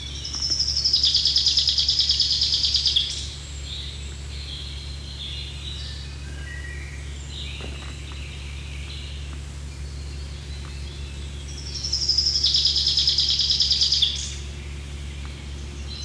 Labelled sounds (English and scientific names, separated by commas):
Common Chaffinch (Fringilla coelebs) song